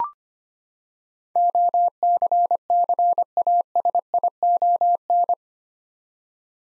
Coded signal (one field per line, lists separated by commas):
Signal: Morse code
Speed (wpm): 25 wpm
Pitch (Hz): 700 Hz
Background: none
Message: OCCASION